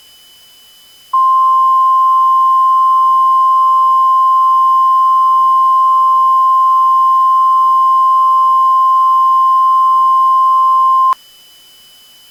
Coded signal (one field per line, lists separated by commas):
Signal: Emergency Alert System (SAME) tones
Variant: 1050 Hz attention tone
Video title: EAS Mock Paul the Alcoholic